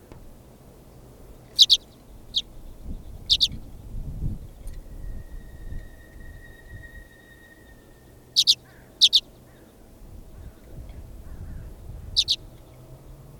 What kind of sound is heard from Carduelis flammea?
call